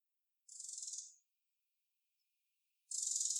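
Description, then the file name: Eurasian wren dry rattling calls, two harsh high buzzy bursts separated by a short pause. "Troglodytes troglodytes"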